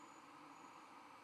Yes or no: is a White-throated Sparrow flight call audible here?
no